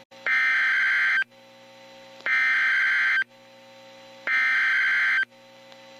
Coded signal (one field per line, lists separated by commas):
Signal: Emergency Alert System (SAME) tones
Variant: header bursts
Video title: Tornado Warnings - EAS #1,282 - 1,312 - 4/9/15